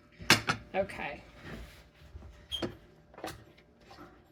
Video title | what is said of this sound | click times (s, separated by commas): KitchenAid Shave Ice Attachment Review #kitchenaid | And you turn it till it clicks. And it's locked on. | 0.3 s